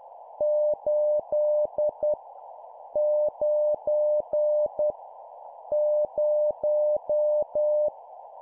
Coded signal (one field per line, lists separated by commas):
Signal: Morse code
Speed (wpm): 10 wpm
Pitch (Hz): 600 Hz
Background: none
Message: 8 9 0